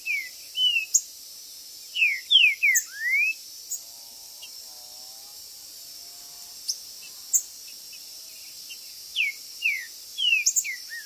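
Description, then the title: Green-winged saltator singing bright falling whistles with a rising finish, pausing while a faint lower warbling sound is heard, then whistling again, over a high steady hum. Birds chirping, singing and calling territorially ('macheando') in a contest ('disputa'); meant to rouse a kept saltator into singing. "Seu TRINCA Piando, Cantando E Macheando Na DISPUTA. TRINCA FERRO Cantando e MACHEANDO!!"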